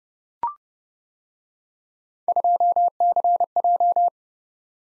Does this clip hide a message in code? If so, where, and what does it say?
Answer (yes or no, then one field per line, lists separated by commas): yes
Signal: Morse code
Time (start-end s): 2.3-4.1 s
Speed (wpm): 31 wpm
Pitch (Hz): 700 Hz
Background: none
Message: 2CJ